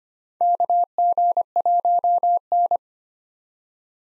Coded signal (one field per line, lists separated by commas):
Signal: Morse code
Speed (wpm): 25 wpm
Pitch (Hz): 700 Hz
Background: none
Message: KG1N